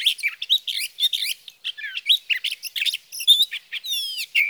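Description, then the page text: Sage thrasher song, a fast mix of warbled phrases, high thin notes and a short descending trill near the end. Male singing through the night near his night roost, evening of June 12 to morning of June 15, 2018, Sierra Valley, California; recorded with a Swift recorder. "Birdsong for the Curious Naturalist: Explore #7. 61. Sage thrasher songs, through the night. from the evening of June 12 to the morning of June 15, 2018, in Sierra Valley, California"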